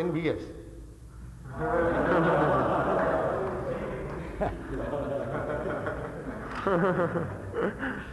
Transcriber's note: laughter